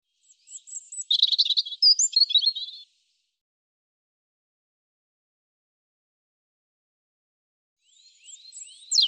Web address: cianscape birddata Deverinetal 2025 Bird Er Ru